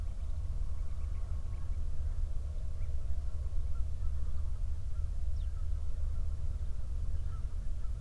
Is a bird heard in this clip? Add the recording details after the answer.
yes. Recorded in the Prudhoe Bay oil fields, Alaska, on 31 July 2019 at 08:38. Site 24